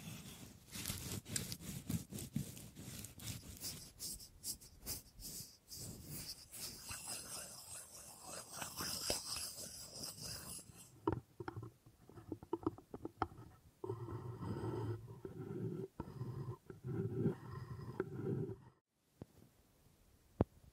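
Wood triggers: quick tapping and scratching sounds on wood, dense and bright for the first ten seconds with many sharp clicks. After that the sounds turn softer and lower, with duller knocks and rubbing, a brief silence near nineteen seconds, then one final tap.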